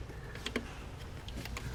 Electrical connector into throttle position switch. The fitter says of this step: We're going to lift up till we hear a click.